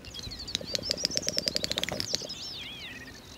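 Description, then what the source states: Great Snipe display: a fast series of sharp clicks with high whistled notes, running into a bubbling trill and sliding warbled whistles. Male in courtship display, pointing its head upward and clapping its bill halves together; rare breeder on wet meadows of the Dviete floodplains, Latvia–Lithuania border, at sunrise.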